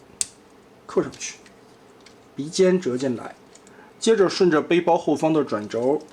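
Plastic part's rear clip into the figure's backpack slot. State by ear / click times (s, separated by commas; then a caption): seated / 0.2 s. A plastic part's rear clip is pressed onto a Transformers CS03 Starscream transformable figure so it engages the mating slot in the figure's backpack during transformation. One sharp, loud snap at 0.2 s marks the clip seating in place, and someone talks for the rest of the clip.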